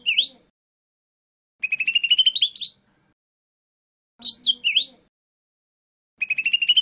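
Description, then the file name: Lesser green leafbird song: fast rising trills of rapid chirps alternating with short slurred whistled phrases, in bursts separated by pauses of about one to one and a half seconds. "cucak hijau mini. omkicau"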